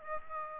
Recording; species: mosquito wingbeat signal from an infrared sensor; Aedes aegypti